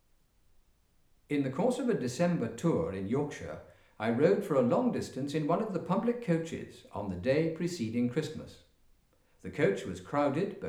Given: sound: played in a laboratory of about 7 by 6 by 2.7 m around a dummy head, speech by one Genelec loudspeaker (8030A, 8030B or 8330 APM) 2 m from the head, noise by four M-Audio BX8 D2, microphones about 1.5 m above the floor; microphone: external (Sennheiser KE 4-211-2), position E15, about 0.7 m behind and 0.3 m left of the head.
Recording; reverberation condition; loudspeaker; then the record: male speech in English; medium; 150 degrees to the left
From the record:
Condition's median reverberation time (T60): about 510 ms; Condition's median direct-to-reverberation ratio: about -0.5 dB